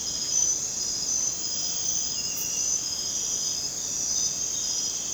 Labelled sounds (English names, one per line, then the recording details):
none
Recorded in dense forest near Puerto Asís, Putumayo, Colombia, on 19 June 2025 at 22:30
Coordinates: 0.484, -76.317
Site G045